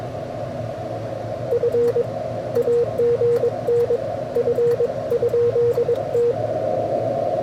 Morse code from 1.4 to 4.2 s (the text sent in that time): F AGN